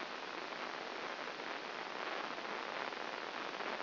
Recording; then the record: brain microelectrode recording played as sound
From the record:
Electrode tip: inside the subthalamic nucleus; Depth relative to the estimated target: -1 mm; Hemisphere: left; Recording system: AlphaMap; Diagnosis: Parkinson's disease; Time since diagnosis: 10 years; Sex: female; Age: 63 years